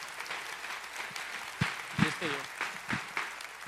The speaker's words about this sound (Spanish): Yo te pido que le des un aplauso a Dios, pero también a cada uno de los chicos que domingo a domingo sirven en estas áreas.